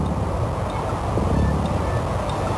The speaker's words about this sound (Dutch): Dat vogels prachtige geluiden kunnen maken, dat is bekend. Maar ook vissen kunnen zingen. Zoals deze kabeljauw.